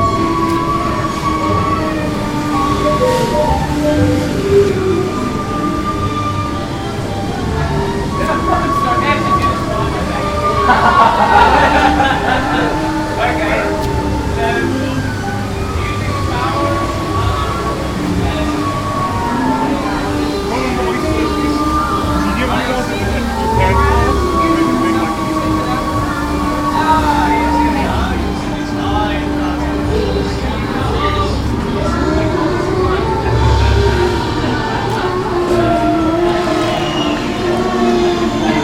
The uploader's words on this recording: Universal Islands of Adventure audio journey. The amazing sounds that come from a Theme Park.